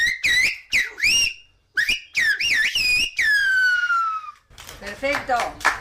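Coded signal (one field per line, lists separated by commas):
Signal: whistled language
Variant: Silbo Gomero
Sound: clear whistled phrase with rising and falling glides in several segments, then voice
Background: speech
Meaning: Whistles the phrase 'ultraviolet catastrophe', the programme's name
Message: catástrofe ultravioleta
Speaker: ¿Lo podría silvar? ¿Qué quieres? que te sirve catástrofe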